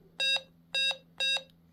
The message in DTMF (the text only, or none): none